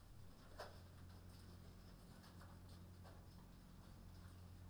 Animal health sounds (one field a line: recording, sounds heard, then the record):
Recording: poultry house recording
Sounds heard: no chicken sound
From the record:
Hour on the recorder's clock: 23